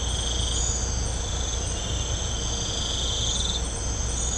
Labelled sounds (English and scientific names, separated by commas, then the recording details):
none
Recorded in pastures near Puerto Asís, Putumayo, Colombia, on 16 December 2024 at 04:00
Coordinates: 0.502, -76.324
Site G077